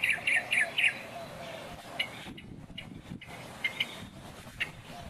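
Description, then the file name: Northern mockingbird giving four quick, harsh repeated notes, then fainter scattered notes. "Northern Mockingbird 2"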